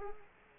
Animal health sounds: mosquito wingbeat signal from an infrared sensor; Culex quinquefasciatus

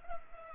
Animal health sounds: mosquito wingbeat signal from an infrared sensor; Culex pipiens

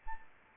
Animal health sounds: mosquito wingbeat signal from an infrared sensor; Anopheles arabiensis

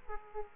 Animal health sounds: mosquito wingbeat signal from an infrared sensor; Aedes aegypti

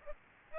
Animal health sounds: mosquito wingbeat signal from an infrared sensor; Aedes aegypti

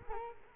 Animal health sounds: mosquito wingbeat signal from an infrared sensor; Culex quinquefasciatus

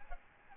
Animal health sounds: mosquito wingbeat signal from an infrared sensor; Aedes albopictus

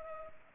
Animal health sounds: mosquito wingbeat signal from an infrared sensor; Culex pipiens

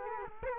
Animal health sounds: mosquito wingbeat signal from an infrared sensor; Culex quinquefasciatus

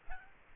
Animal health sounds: mosquito wingbeat signal from an infrared sensor; Aedes aegypti

